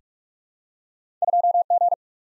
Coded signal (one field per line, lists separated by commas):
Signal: Morse code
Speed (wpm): 46 wpm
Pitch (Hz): 700 Hz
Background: none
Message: 2G